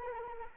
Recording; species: mosquito wingbeat signal from an infrared sensor; Anopheles arabiensis